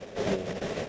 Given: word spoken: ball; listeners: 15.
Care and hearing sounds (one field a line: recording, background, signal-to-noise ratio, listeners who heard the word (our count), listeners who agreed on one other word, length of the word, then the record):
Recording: one English word in noise, from a listening test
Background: noise modulated by three-talker babble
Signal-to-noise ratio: -5.4 dB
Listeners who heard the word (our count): 0 of 15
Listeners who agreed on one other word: 8 of 15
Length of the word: 0.49 s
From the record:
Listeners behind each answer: 8, 1, 1, 1, 1, 1, 1, 1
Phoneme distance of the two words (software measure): 20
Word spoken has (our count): 1 syllable, 3 phonemes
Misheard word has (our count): 1 syllable, 3 phonemes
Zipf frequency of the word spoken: 5.33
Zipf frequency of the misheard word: 4.92